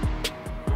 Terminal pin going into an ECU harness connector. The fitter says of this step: It literally just slides straight in, and you hear it click once it's in, and then it's good.